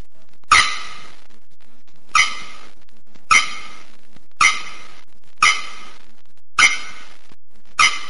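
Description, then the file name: Bearded Bellbird song: ringing, metallic notes repeated fairly steadily, roughly one each second, seven in all. "Canto da araponga do nordeste"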